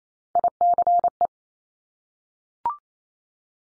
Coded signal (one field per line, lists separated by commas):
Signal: Morse code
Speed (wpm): 28 wpm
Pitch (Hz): 700 Hz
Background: none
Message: ICE